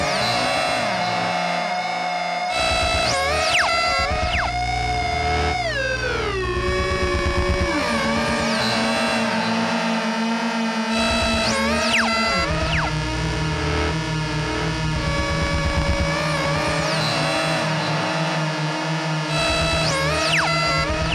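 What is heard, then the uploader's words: Live guitar-pedal noise with knob tweaking: dense, steady, loud layers of whining tones that slide and step down in pitch, especially around six to seven seconds and again near twelve. Sharp upward sweeps shriek into the highs every few seconds, over a buzzing, stuttering low drone. Guitar pedals performed live. Knob tweaking, self-oscillating filters, FM synthesis, and delay in glorious monophonic wav files. Moog MF-101 Lowpass Filter Moog MF-107 FreqBox Digitech RP-355 (reverb, delay, looping).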